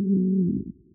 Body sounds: neck accelerometer signal played as sound; no cough (speech, laughter, throat clearing or background)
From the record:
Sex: female

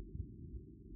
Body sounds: neck accelerometer signal played as sound; no cough (speech, laughter, throat clearing or background)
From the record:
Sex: female

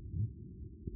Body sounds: neck accelerometer signal played as sound; no cough (speech, laughter, throat clearing or background)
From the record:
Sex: male

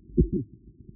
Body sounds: neck accelerometer signal played as sound; voluntary cough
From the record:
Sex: male

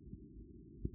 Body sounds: neck accelerometer signal played as sound; no cough (speech, laughter, throat clearing or background)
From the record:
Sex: male

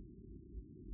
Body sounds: neck accelerometer signal played as sound; no cough (speech, laughter, throat clearing or background)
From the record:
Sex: male

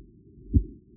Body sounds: neck accelerometer signal played as sound; voluntary cough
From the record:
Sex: male

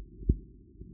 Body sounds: neck accelerometer signal played as sound; voluntary cough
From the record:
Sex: female

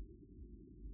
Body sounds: neck accelerometer signal played as sound; no cough (speech, laughter, throat clearing or background)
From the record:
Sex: male

